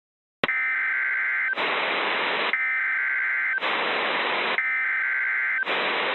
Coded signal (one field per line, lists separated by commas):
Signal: Emergency Alert System (SAME) tones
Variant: header bursts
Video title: EAS MOCK: KIH42 Tornado Warning from 2016